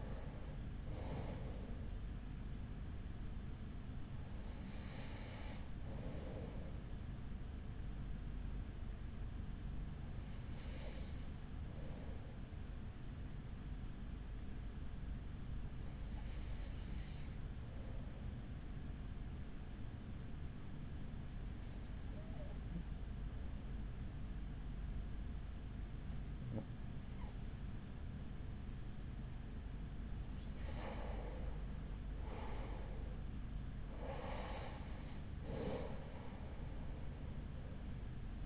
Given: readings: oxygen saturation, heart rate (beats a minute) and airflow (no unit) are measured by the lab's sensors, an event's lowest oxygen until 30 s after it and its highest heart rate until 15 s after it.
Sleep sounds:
breathing in sleep by a smartphone at the bedside; 1
11.00-31.90 s: hypopnea (N1, oxygen 95% highest, then 93% lowest, heart rate 43 at the start, 50 highest)
From the record:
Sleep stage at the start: N1 (lightest sleep); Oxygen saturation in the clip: 93 to 95%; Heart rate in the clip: 41 to 50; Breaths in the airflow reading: 8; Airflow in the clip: -7.2 to 7.1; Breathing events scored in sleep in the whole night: 207 in 7.6 hours asleep

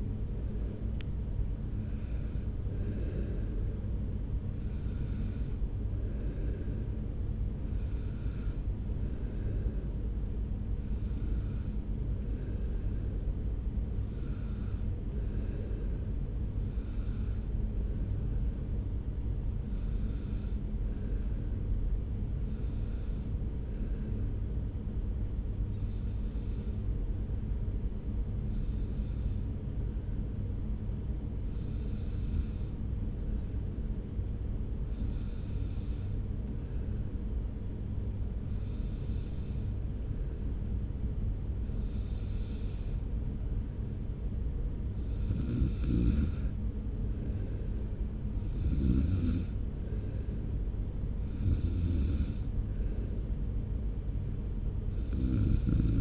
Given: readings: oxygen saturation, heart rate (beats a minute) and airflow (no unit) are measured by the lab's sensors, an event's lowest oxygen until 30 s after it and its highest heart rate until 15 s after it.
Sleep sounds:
breathing in sleep by a smartphone at the bedside; 1
7.00-56.01 s: new sleep stage, N1 (lightest sleep)
20.00-45.00 s: hypopnea (N1, oxygen 97% highest, then 92% lowest)
From the record:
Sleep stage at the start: N2 (light sleep); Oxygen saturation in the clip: 88 to 97%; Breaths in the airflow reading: 18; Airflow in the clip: -2.0 to 1.3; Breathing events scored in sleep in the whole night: 335 in 6.7 hours asleep

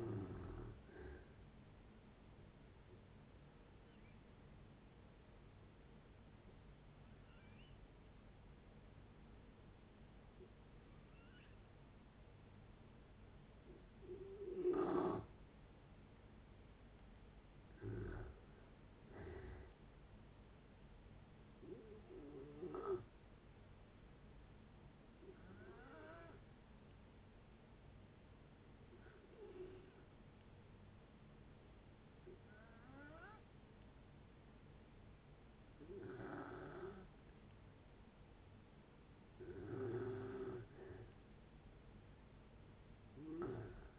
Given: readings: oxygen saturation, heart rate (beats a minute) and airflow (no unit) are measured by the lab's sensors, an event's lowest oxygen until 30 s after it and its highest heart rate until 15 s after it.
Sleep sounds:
breathing in sleep by a voice recorder at the bedside; 2
3.00-19.00 s: hypopnea (N2, oxygen 94% highest, then 89% lowest)
24.00-40.00 s: hypopnea (N2, oxygen 95% highest, then 90% lowest)
From the record:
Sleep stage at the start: N2 (light sleep); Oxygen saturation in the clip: 89 to 95%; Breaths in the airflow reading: 11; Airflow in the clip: -7.1 to 6.7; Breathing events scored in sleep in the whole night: 496 in 5.4 hours asleep

